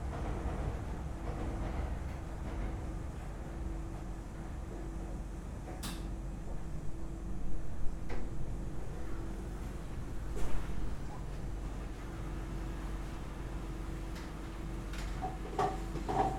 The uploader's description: Laundromat Osaka